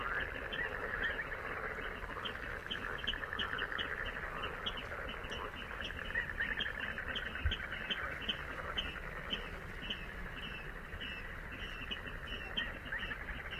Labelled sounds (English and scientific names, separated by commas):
Little Crake (Porzana parva) call